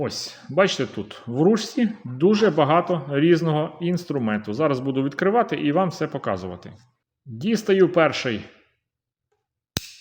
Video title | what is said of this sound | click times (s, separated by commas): Мультитул GANZO G303-B. Огляд моделі та перші враження | Він, до речі, фіксується. | 9.8 s